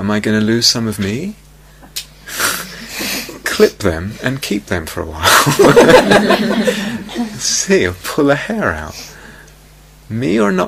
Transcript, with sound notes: Am I going to lose some of me? Clip them and keep them for a while. [laughter] See. Or pull a hair out. Me or not me?